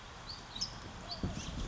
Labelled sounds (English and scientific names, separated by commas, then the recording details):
California Towhee (Melozone crissalis)
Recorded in Sonoma County, California